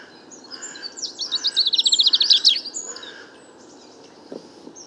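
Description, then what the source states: Common chaffinch song: a fast trill of bright notes speeding into a descending series and ending in a sharp flourish, with faint chirps before and after. Bois de Vincennes, 16 February 2019; first chaffinch song recorded that year, amid fine weather; muddled, weaker, babbling courtship song for females nearby; Nagra Seven, Wiltronic parabola, mono.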